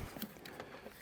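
An interior inner door handle from a 2005–2015 Nissan Navara D40 or R51 Pathfinder is tucked into the door trim panel opening and rotated. Quiet handling noise is broken by short, sharp plastic-like taps at about 0.2, 0.5 and 0.6 seconds. The handle does not go in on this first attempt, so nothing has seated or clicked yet.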